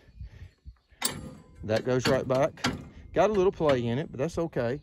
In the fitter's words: so i'm gonna put the hood back down just a simple pull down and it just locks in place